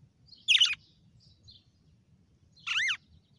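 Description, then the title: Red-cowled cardinal producing two rich, rasping slurred notes about two seconds apart, the second with a rising-then-falling arch, over faint low noise. Female red-cowled cardinal named Fenrir, singing; its song today is the style called açoite. "Canto Galo Campina Fêmea 06. GALO DE CAMPINA FENRIR - HJ FOI AÇOITE VIU??"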